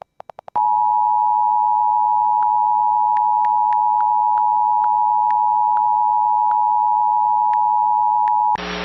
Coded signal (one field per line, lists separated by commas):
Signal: Emergency Alert System (SAME) tones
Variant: 853 and 960 Hz attention tone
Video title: EAS #400 IS HERE EAS Alerts From 3/24/21 (EAS #395-405)